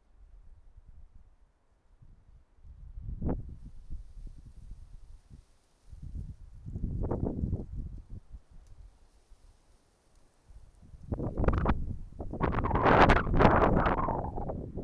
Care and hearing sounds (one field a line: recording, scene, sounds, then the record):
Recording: everyday scene through a hearing-aid microphone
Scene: wind on the microphone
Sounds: wind, traffic, birds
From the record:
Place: suburban garden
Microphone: behind the ear, right, rear